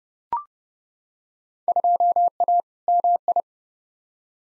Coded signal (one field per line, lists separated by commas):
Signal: Morse code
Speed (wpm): 31 wpm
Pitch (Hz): 700 Hz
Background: none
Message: 2A MI